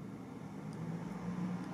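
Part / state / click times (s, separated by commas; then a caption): small screw into threaded hole of plastic model railway turnout / not seated / none. A small screw is turned backwards, loosening it so it can drop into the existing threads of a plastic Kato No. 4 model railway turnout part and avoid cross-threading. Only a steady low hum with broadband background noise is heard, with no sharp transients. Nothing has seated or clicked yet.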